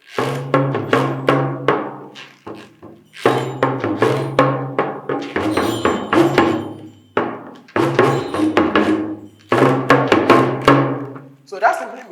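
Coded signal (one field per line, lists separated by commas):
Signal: talking drum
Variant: Yoruba dùndún (Ìyá'lù)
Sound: rapid drum strokes in several phrases with rising and falling low pitch, jingling overtones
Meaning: Give thanks to God, for your enemies could not kill you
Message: kó máa dúpẹ́, kó máa dúpẹ́, ẹni ọ̀tá pa, tọ́lọ́run ò pa kó mọ̀ dúpẹ́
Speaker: I'll play it again. So that simply means kó máa dúpẹ́, kó máa dúpẹ́, ẹni ọ̀tá pa, tọ́lọ́run ò pa kó mọ̀ dúpẹ́.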